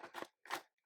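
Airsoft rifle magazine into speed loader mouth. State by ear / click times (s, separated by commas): not seated / none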